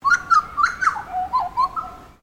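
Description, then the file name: Bird calling: a series of short whistled notes in two quick groups, with lower sliding tones between. Recorded at Noosa. "BIRD UNKNOWN NOOSA CALL"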